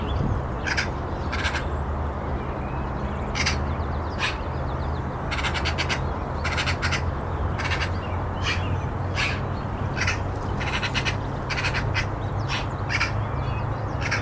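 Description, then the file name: Eurasian magpie chattering with dry, harsh rattles in brief clustered bursts throughout, above a constant low-pitched hum. "Pica pica"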